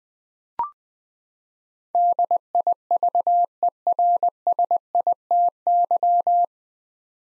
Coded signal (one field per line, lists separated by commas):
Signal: Morse code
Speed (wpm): 20 wpm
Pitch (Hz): 700 Hz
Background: none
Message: DIVERSITY